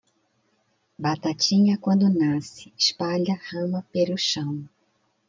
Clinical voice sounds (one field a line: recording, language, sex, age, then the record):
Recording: short text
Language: Brazilian Portuguese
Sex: female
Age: 50 to 59 years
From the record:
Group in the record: control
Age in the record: 55 years